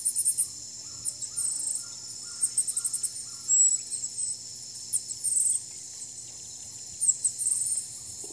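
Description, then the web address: White-bellied dacnis with very high, thin, buzzy notes in quick clusters repeated throughout; fainter mid-pitched whistled notes and a constant high hiss behind. Calls and song; eastern lowlands of South America. "Natures Songs S America Eastern Lowlands Dacnis albiventris, calls and song"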